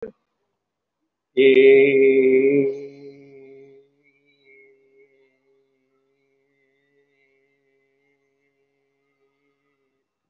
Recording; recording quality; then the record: sustained vowel as in made; excellent, no background noise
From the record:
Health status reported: respiratory illness, not identified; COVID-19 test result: negative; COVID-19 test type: RT-PCR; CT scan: not taken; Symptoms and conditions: cough, cold, breathing difficulty, asthma, chronic lung disease, pneumonia, hypertension, diabetes, ischaemic heart disease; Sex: male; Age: 67 years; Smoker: yes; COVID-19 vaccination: none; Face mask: worn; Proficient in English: yes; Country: India